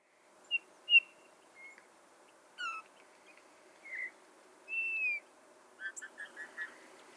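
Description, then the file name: Eurasian bullfinch giving soft, piping whistles, some short and some drawn out and slightly falling, with a few quick chirps at the close. "Pyrrhula pyrrhula"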